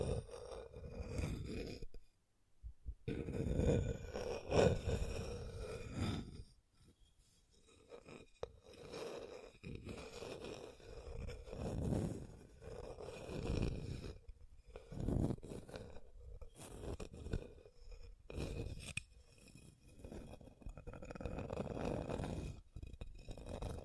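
Scratching and tracing on a hard surface comes in uneven strokes, each a rough, low-heavy rasp lasting a second or two. Brief silences fall between them, longest near the start and around six to eight seconds. A few light clinks and taps sound along the way.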